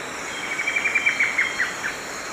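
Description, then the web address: Ancient antwren song, a rapid string of short, clipped notes at one pitch, heard against constant background noise. Song, played back; eastern lowlands of South America. "Natures Songs S America Eastern Lowlands. Herpsilochmus gentryi, song"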